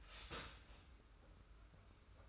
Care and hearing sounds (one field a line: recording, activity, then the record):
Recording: daily activity, microphone in the room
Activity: start toaster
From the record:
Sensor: 2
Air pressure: 991.5 hPa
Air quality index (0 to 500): 188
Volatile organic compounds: 1000 ppm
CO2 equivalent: 6141 ppm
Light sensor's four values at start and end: 32/96/38/36 and 32/96/38/36